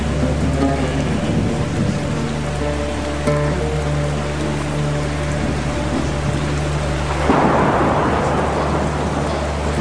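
Steady, dense rainfall hisses throughout with a low rumbling undertone, swelling into a louder wash of noise near the end as a thunder-like roll passes.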